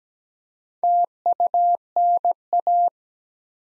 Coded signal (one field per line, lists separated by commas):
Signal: Morse code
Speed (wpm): 17 wpm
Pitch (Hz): 700 Hz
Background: none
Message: TUNA